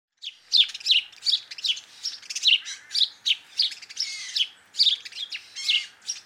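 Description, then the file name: House sparrow chirping starting after a brief silence, a quick series of sharp cheeps and chirrups. "Passer domesticus"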